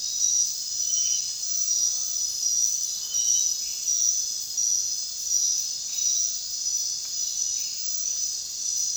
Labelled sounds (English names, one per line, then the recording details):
none
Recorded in dense forest near Puerto Asís, Putumayo, Colombia, on 22 June 2025 at 23:00
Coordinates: 0.466, -76.327
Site GP04